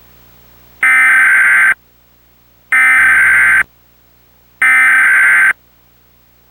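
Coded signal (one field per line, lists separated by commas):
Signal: Emergency Alert System (SAME) tones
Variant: header bursts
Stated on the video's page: Mock emergency action notification on a TiVo in DASDEC-1EN message format.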